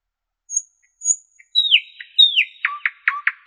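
Common nightingale song: two high thin notes, then slurred descending whistles and a few sharp clipped notes.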